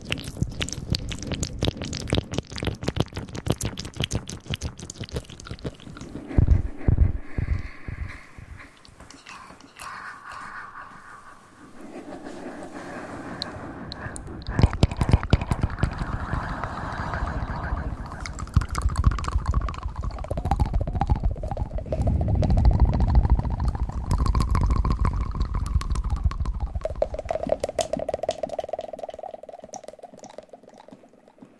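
Whispered rambling with wet mouth clicks, starting with a dense run of sharp scratching taps on the microphone for the first six seconds. Softer breathy whispering and rustling follow, with a few louder scratchy bursts around fifteen seconds, then trailing into a low murmur.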